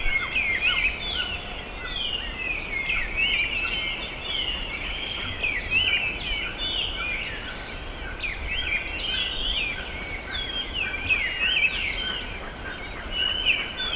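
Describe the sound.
Birdsong chorus of many overlapping high chirps and trills, continuous for the whole stretch, above a soft even hiss.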